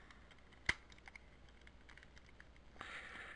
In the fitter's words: there we go there we go good loud snap that's always nice and then